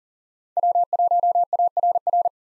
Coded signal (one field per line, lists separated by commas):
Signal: Morse code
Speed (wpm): 38 wpm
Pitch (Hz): 700 Hz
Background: none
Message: W1ARR